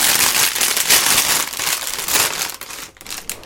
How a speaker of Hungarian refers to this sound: Közben kibontom a 18-as zacskót, mert hogy elérkeztünk a 18-as zacskóhoz, és a 18-as zacskó mellett már fel fogjuk rakni a szélvédőt is a Batmobilunkra